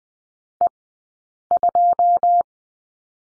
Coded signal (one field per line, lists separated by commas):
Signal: Morse code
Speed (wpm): 20 wpm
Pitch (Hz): 700 Hz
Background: none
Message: E2